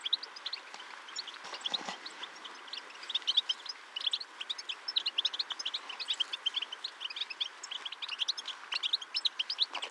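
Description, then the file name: European goldfinch calls: busy twittering in dense bursts of high chirps. "Carduelis carduelis"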